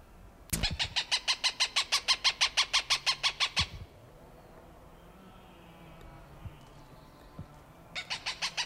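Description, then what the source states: Cooper's hawk calling a loud, steady run of harsh kak notes for about three seconds, then again near the end; a sharp knock starts the series. Recorded June 21, 1995.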